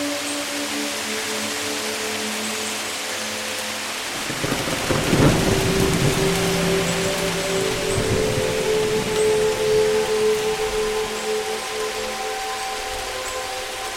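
Steady rain hisses throughout, dense and even, with a soft low rumble of thunder rolling in around the fourth second and swelling past the fifth before fading. Sustained musical tones hum beneath the rain, shifting pitch partway through and continuing to the end.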